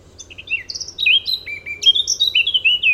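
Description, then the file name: Eurasian blackcap song: a quick, varied warble of high chirps and slurred notes that becomes louder and more fluty in the second half, over a low steady hum. "Sylvia atricapilla"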